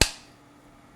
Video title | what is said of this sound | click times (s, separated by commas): 3D Hangouts – Mods, Updates and LEDs @adafruit #adafruit #3DPrinting | very satisfying click of when they snap together | 0.0 s